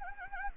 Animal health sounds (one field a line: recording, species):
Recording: mosquito wingbeat signal from an infrared sensor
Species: Anopheles gambiae